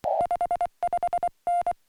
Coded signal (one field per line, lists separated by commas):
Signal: Morse code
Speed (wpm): 24 wpm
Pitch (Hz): 1400 Hz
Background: music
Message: 55N